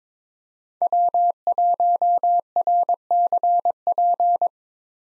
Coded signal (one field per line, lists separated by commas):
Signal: Morse code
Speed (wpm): 22 wpm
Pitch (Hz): 700 Hz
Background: none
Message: W1RCP